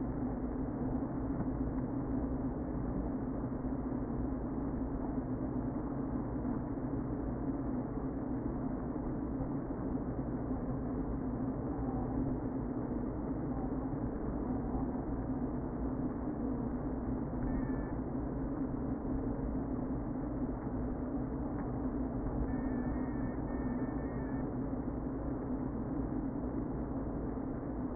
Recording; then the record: honeybee colony, microphone inside the hive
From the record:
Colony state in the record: queen present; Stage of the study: before two queens were removed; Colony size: about 60,000 bees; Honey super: yes